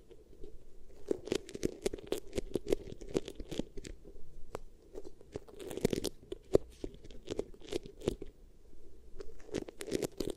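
Beeswax ear triggers: dense, irregular sticky crackles and crunchy tearing snaps sound over a steady low-mid rubbing, with sharp pops throughout.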